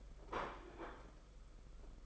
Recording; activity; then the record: daily activity, microphone in the room; place plate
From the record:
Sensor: 5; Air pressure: 991.9 hPa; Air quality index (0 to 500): 164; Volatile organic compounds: 372 ppm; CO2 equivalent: 4624 ppm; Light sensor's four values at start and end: 31/106/39/42 and 31/106/39/42